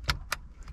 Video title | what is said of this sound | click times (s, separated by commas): Blower control switch replacement - 1995 Chevy | push it until it clicks good give it a little pull make sure it's tight | 0.1 s, 0.3 s